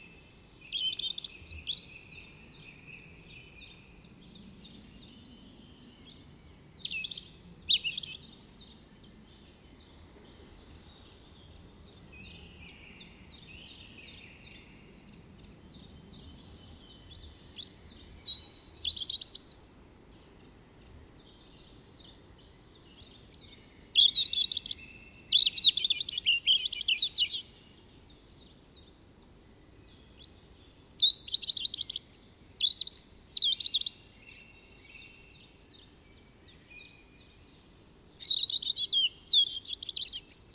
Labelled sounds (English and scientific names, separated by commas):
European Robin (Erithacus rubecula) song